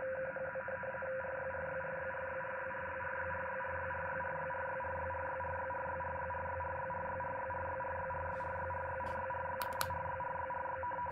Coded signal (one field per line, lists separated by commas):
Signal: RTTY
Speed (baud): 50 baud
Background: radio noise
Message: KHZ RYRYRYRYRYRYRYRYRYRYRYRYRYRYRYRYRYRYRYRYRYRYRYRYRYRYRYRYRYRYRYRY